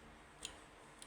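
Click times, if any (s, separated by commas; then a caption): 0.4 s. A plastic hull half of a 4D warship puzzle model is pressed into the other hull half; the fit is very tight, and the halves snap together with a sharp click at 0.4 s. A fainter, brief click follows at 1.0 s over a low steady background, and the hull is seated.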